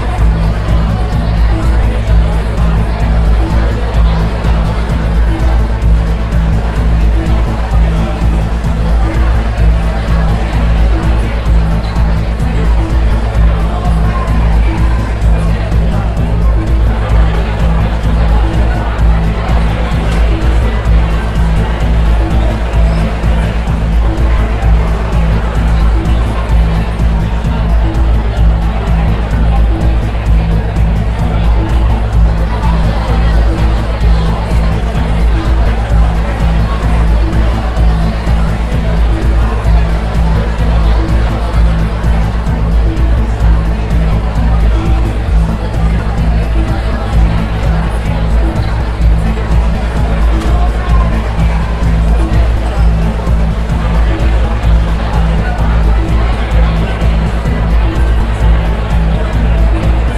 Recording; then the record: background sound without coughing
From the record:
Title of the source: Party Noise 1 Hour Party Ambience